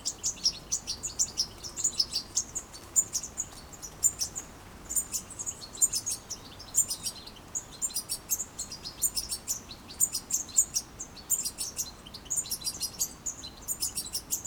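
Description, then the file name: European goldfinch twittering, bright high chirps in loose bursts separated by brief gaps, continuing for the whole stretch over soft background noise. "Carduelis carduelis"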